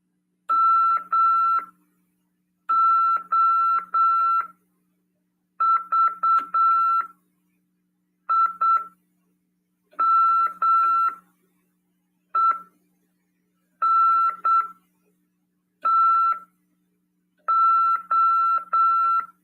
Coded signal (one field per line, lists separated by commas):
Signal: Morse code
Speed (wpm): 8 wpm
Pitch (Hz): 1340 Hz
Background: none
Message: MOVIMENTO